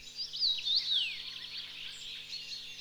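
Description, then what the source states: Common Rosefinch song: a short, clear whistled phrase that rises and falls in a smooth slur, over a steady hiss and faint low hum. New eastern immigrant to Sweden, first heard locally in 1969 at the railway station; arrives end of May, male sings a few weeks until mated; rendered 'nice to meet you' in English and 'köp en video' in Swedish.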